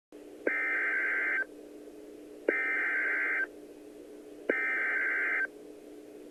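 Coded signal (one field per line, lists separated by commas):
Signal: Emergency Alert System (SAME) tones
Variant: header bursts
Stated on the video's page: EAS alerts from the Oklahoma City tornado outbreak, presented as a timeline.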